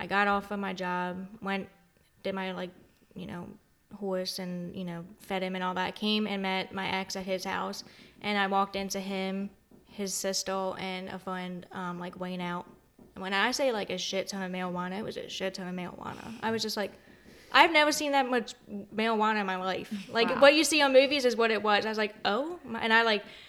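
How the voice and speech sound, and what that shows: An adult woman tells a story in fluent, casual speech at a normal pace. Her r sounds come out l-like, so 'marijuana' sounds like 'mail-wana' and 'sister' ends in an l. This fits a speech sound impediment affecting r, present since early childhood and treated with speech therapy from kindergarten until about the junior year of high school.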